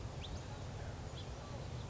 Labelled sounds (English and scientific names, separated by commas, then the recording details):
House Finch (Haemorhous mexicanus)
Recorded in Sonoma County, California